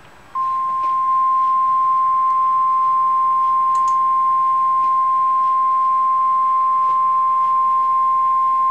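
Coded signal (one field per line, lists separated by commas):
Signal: Emergency Alert System (SAME) tones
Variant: 1050 Hz attention tone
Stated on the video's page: NOAA Weather Radio EAS alert for a Tornado Warning.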